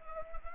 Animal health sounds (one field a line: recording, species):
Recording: mosquito wingbeat signal from an infrared sensor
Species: Anopheles arabiensis